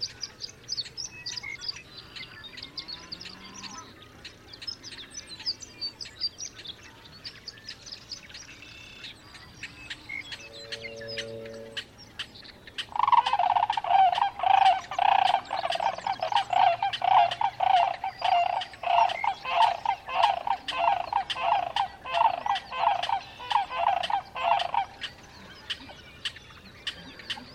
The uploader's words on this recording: Sierra Valley Marsh, June 24, 2023, 5:33am. The sandhill cranes take center stage in this dawn chorus recording in the Sierra Valley Marsh near Portola, California. The microphones were AT-4022 omni condensers on a Jecklin disk binaural baffle.